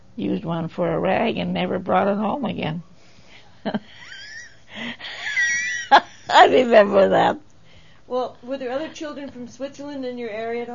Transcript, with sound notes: used one for a rag and never brought it home again. (Laughs) I remember that.
Well were there other children from Switzerland in your area at all?